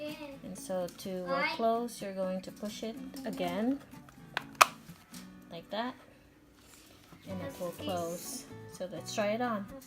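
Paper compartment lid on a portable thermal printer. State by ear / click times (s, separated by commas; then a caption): seated / 4.4 s, 4.6 s. Someone talks over music while pressing down the plastic lid over the paper roll of a Paperang P1 small portable thermal printer to close it. Sharp plastic snaps are heard at about 4.4 s and 4.6 s as the lid latches shut and seats.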